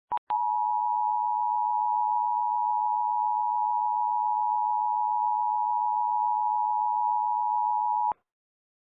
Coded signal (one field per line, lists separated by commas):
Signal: Emergency Alert System (SAME) tones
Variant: 853 and 960 Hz attention tone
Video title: EAS Scenario: Christmas Vacation Hell 2010 Remastered